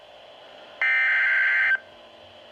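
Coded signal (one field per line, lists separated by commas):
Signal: Emergency Alert System (SAME) tones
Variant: header bursts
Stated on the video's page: River flood warning received on two NOAA Weather Radio stations.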